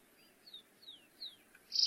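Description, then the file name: Stripe-tailed yellow finch singing a short series of three high, descending slurred whistles spaced evenly, ending in an abrupt loud, rich burst of sound. "canto do canario rasteiro"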